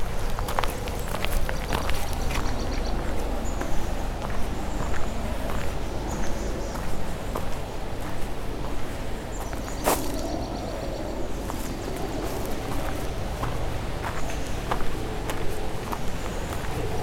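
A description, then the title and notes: A walk around Jewel Lake, with a steady low rumble under a stream of short, crisp taps and clicks, like footsteps, falling every second or so. A sharper knock stands out near the ten-second mark, and thin high tones drift in faintly at times. Walk around Jewel Lake April 2021.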